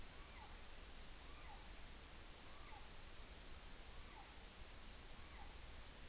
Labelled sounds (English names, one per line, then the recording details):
Morepork weow call
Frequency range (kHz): Morepork 0.6-2.8 kHz
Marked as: faintness 3/5, faintness 4/5
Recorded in New Zealand on 14 June 2013
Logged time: 02:27
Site Ponui